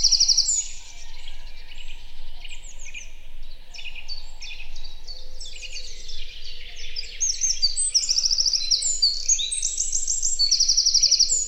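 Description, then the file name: Eurasian wren song: a dense, continuous tumble of high chirps and quick trills, ending in bright, rapid rattling trills, over steady low background noise. "Troglodytes troglodytes"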